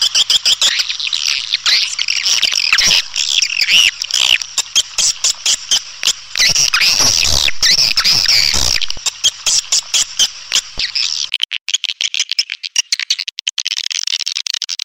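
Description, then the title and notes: Swiftlet twittering: rapid trains of high, buzzy chirps and clicks, briefly densely layered midway, then thinning into quick repeated pulses. A faint low hum runs underneath until near the end. Swiftlet lure sound used in bird farming in Asia. "Swiflet Bird Sound. Farming Swiflet Bird asia sound"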